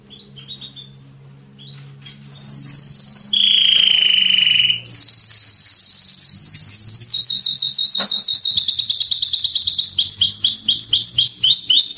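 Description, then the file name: Canary song: soft notes, then loud sustained trills changing pitch, followed by fast repeated chopped notes in a rhythmic series. "Canary Voice"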